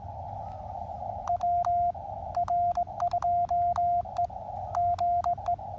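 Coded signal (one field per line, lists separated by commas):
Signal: Morse code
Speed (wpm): 25 wpm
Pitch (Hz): 690 Hz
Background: radio noise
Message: WR2E GE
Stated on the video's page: CW Parks on the Air activation sent with KXPD3 paddles used as a cootie key, Elecraft KX2 into a 9:1 vertical.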